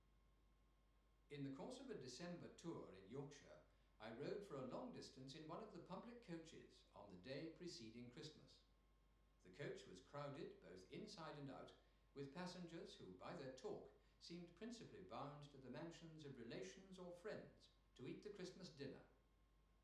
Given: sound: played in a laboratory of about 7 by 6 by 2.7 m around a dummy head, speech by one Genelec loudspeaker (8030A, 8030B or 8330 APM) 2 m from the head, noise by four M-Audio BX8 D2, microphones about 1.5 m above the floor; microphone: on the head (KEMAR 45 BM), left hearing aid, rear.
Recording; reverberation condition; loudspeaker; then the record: male speech in English; medium; behind (180 degrees)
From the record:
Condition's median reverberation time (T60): about 510 ms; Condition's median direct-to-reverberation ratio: about -0.5 dB